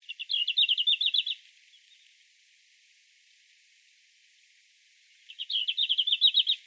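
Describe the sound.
Red-flanked bluetail song: two short bursts of rapid, high, even notes, one at the start and one near the end, separated by about four seconds of quiet.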